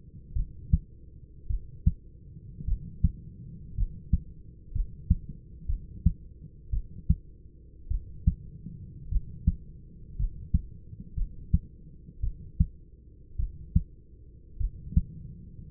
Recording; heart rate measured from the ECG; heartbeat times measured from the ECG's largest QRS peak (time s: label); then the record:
heart sounds by stethoscope; 55 bpm
0.34 s: heartbeat
1.48 s: heartbeat
2.65 s: heartbeat
3.75 s: heartbeat
4.72 s: heartbeat
5.67 s: heartbeat
6.71 s: heartbeat
7.88 s: heartbeat
9.09 s: heartbeat
10.17 s: heartbeat
11.15 s: heartbeat
12.21 s: heartbeat
13.37 s: heartbeat
14.58 s: heartbeat
From the record:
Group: healthy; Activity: rest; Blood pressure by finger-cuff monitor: 155/69 mmHg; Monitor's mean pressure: 95 mmHg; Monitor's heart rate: 56 bpm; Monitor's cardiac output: 6.2 L/min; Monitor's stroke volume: 110 mL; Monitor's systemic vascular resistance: 1130 dyn s/cm5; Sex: male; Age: 25 years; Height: 170 cm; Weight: 70.4 kg